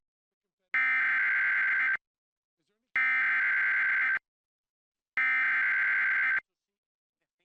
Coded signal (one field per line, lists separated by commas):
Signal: Emergency Alert System (SAME) tones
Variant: header bursts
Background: speech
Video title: WTWO-DT2 Severe Thunderstorm Warning EAS (3/15/2026)